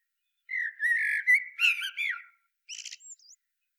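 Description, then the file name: Eurasian blackbird giving a sustained scratchy, wavering call, followed after a short gap by a brief buzzy burst and a thin high squeak. "Turdus merula"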